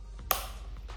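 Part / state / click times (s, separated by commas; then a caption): strap clip into mask body receiver / seated / 0.3 s. The round plastic clip on the second top strap of a mask is pushed into the opposite-side receiver on the mask body. A sharp, loud snap at 0.3 s stands out over faint background music, and the clip is seated.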